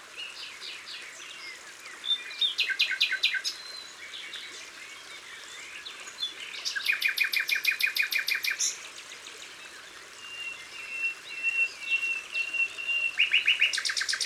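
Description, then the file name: Common Nightingale singing varied phrases: fast repeated chirps, a dry rattling burst, a long thin whistle, then a rapid repeated series near the end. Recorded in Isère, France. "Rossignol-philomele-Concerts-naturels-de-l Isere-Studio-Les-Trois-Becs"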